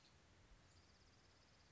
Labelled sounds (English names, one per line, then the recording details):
Spotted Towhee
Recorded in Sonoma County, California